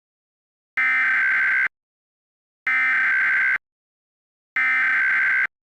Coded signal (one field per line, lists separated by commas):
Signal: Emergency Alert System (SAME) tones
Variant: header bursts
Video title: EAS Scenario - Baby Shark